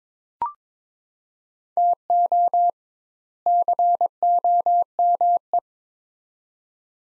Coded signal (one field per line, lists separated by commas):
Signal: Morse code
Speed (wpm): 22 wpm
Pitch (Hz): 700 Hz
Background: none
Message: TO COME